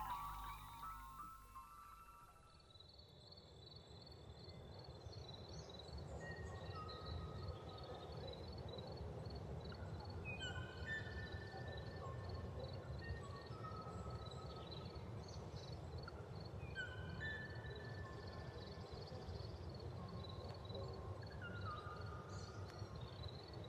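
A blackcap sings in short bursts of clear, varied whistled notes, coming every few seconds after the first five seconds. A thin, steady pulsing chirp runs high above throughout, and a constant low rumble of noise sits underneath the whole recording.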